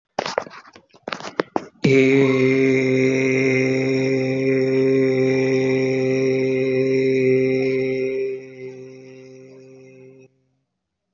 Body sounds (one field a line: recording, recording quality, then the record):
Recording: sustained vowel as in made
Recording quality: excellent, no background noise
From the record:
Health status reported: healthy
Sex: male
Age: 30 years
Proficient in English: yes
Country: India